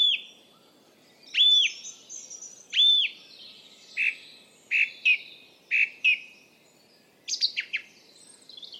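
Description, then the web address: Bird calls: clear, whistled notes that drop sharply in pitch, repeated several times, then a quick cluster of high chirps at the end. "Bird Only"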